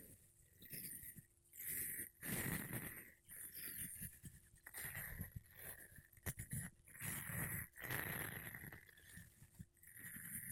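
Makeup brushes and a sponge sweep across a microphone in repeated bursts of soft, crackling scratchy rustle, each lasting a second or two with brief quiet gaps between. The strokes are dense and fairly regular, with a bright hiss on top and low thumping rubs underneath.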